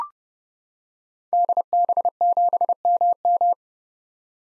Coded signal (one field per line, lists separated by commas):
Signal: Morse code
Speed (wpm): 30 wpm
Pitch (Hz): 700 Hz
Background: none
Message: DB7MM